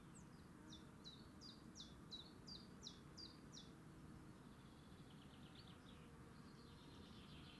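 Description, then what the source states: Willow warbler song: a soft descending series of sweet high notes, then a fainter second phrase, over steady low rumbling background noise. Adult singing.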